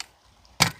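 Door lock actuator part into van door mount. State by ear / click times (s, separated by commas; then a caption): not seated / none. A door lock actuator part is handled while being fed in, lifted and pressed toward its mount inside an Astro van door. A faint tick at the very start is followed by quiet, then one sharp, bright knock at about 0.6 s that fades quickly. Nothing has popped into place or seated yet.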